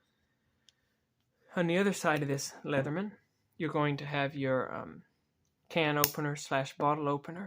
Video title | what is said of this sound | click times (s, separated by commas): Multitools: Which is better Plier style or Knife style? Leatherman vs Victorinox | you can get a new bit and just stick right in there again it locks into place | 0.7 s